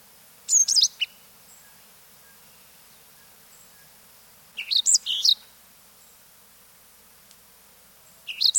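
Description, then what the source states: Yellow-throated euphonia calls in three short bursts of high sharp chipping notes, separated by several seconds of quiet background hiss. Recorded in South America.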